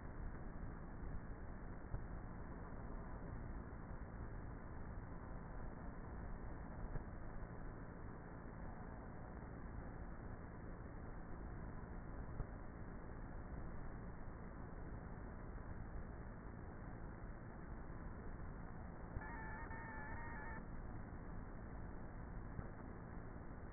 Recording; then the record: honeybee colony, microphone inside the hive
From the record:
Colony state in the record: queenless with a low population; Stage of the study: before two queens were removed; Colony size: about 30,000 bees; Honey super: no